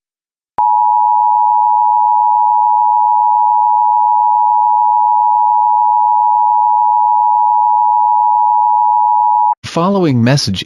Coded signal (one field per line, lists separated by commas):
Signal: Emergency Alert System (SAME) tones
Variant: 853 and 960 Hz attention tone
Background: speech